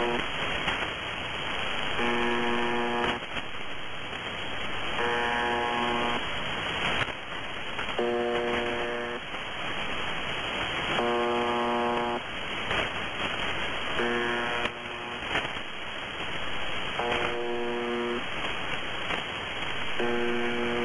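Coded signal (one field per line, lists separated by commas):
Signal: channel marker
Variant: UVB-76 (The Buzzer)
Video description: MDZhB buzzing like it always fucking does.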